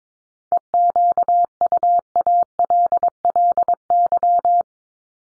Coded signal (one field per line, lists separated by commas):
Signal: Morse code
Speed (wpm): 22 wpm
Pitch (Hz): 700 Hz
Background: none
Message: EQUALLY